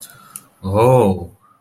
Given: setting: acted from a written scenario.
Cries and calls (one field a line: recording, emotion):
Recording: vocal sound without words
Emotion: adoration